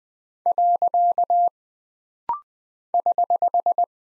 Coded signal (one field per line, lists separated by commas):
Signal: Morse code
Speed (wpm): 20 wpm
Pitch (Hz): 700 Hz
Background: none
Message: . <HH>